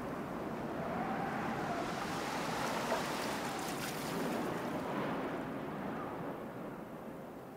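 Sea waves surge and break on the shore below in a steady, rolling wash, with gusting wind hissing over the top and swaying acacia trees. Broad, full noise throughout, swelling slightly midway, with no voices.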